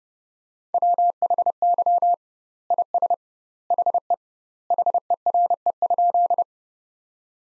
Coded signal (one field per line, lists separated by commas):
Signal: Morse code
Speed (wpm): 30 wpm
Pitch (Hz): 700 Hz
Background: none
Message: WHY IS HE HERE?